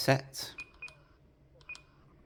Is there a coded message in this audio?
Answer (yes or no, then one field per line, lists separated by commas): no